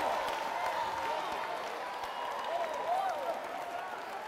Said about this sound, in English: Come on, give God a hand. Woo!